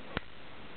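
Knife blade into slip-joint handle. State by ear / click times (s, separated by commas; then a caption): seated / 0.2 s. A small Mikov slip-joint pocket knife has its blade opened or closed, and the blade snaps into position against the backspring. A single short, sharp click sounds at 0.2 s over a quiet background, and the blade is seated.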